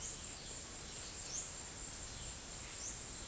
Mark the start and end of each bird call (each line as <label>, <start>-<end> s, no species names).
bird call, 0.03-0.32 s
bird call, 1.26-1.53 s
bird call, 2.77-3.08 s